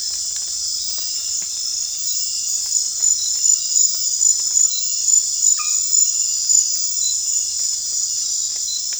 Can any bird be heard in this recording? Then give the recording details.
no. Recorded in secondary vegetation near Puerto Asís, Putumayo, Colombia, on 28 February 2025 at 23:00. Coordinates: 0.484, -76.319. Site G010